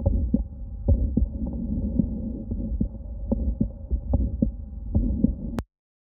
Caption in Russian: Пациентку, которая немногим более 30 лет с врожденным легким стенозом клапана легочного ствола два симптома – систолический нарастающий убывающий шум и легочной тон изгнания. Легочной тон изгнания – это щелчок, который практически совпадает с первым тоном. Он слышен на выдохе и исчезает на вдохе. Второе межреберье слева от грудины.